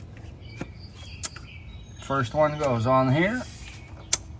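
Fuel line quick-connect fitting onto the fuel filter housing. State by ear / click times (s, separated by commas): seated / 4.1 s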